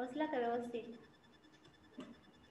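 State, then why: Seated. An expansion card or memory module is pressed into a motherboard slot during a motherboard assembly lesson while someone talks. A short click is heard at 2.0 seconds as the part seats properly in the slot.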